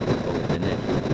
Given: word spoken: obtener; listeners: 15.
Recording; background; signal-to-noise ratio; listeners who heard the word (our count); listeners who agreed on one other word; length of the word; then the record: one Spanish word in noise, from a listening test; noise modulated by three-talker babble; -6.7 dB; 6 of 15; 9 of 15; 0.74 s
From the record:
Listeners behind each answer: 9, 6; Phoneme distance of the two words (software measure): 17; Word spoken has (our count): 3 syllables, 7 phonemes, stress on syllable 3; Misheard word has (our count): 3 syllables, 8 phonemes, stress on syllable 3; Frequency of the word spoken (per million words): 87.48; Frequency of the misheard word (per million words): 16.83